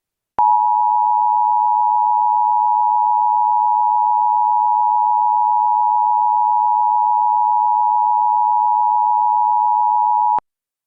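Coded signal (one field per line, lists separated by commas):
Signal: Emergency Alert System (SAME) tones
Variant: 853 and 960 Hz attention tone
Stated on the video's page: Fictional EAS scenario about a virus; simulated, not a real alert.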